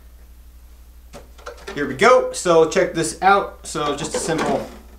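An aftermarket Traxxas XRT/XMAXX motor mount, made for 800kv/1100kv Castle motors, is handled against an RC monster truck chassis while someone talks, with a low steady hum underneath and a brief tap near 1.4 s. The clip ends before the part goes home; nothing has seated or clicked yet.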